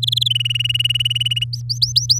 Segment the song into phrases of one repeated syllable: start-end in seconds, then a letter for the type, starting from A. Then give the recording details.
0.02-0.23 A, 0.25-1.44 B, 1.53-2.19 C. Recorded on 9 May 2018 at 12:58. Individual llb16